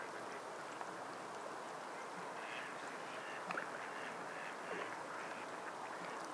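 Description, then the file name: Duck quacks, a few faint calls set against continuous rain and water noise. Ducks in water with falling raindrops. "Spa Raindrops Sleep Relaxing Sleep Sound - Ducks in the Water"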